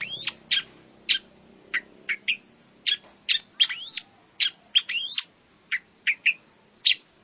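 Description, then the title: Long-tailed shrike singing a steady string of sharp, clipped notes mixed with quick rising and falling slurred whistles, roughly two or three per second. "Kicau Burung Pentet"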